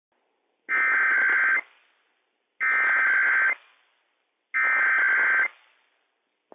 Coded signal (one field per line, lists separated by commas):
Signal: Emergency Alert System (SAME) tones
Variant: header bursts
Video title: WWF56 - Required Weekly Test - EAS #22 - 12/8/20